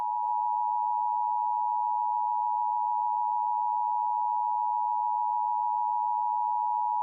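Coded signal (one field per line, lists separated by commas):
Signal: Emergency Alert System (SAME) tones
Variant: 853 and 960 Hz attention tone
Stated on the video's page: Fictional EAS scenario with role-played SAME header tones, for entertainment.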